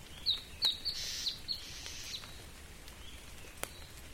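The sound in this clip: Bird uttering rapid high chirps in the first second and a half, then fading, with occasional sharp clicks.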